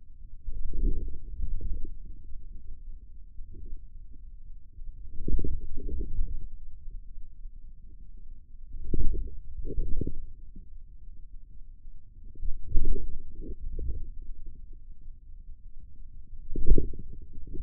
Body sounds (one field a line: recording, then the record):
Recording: forearm muscle sounds (acoustic myography)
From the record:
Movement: inward rotation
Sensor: system 2, bracelet of six BSWA MPA416 microphones around the upper forearm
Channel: 3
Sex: male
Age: 22 years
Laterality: right